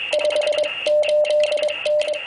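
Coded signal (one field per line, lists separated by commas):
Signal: Morse code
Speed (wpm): 22 wpm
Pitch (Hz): 600 Hz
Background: none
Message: 58N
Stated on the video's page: CW DX contacts from the USA to Europe with an Icom 703 at 10 watts and a loop antenna 8 m above ground.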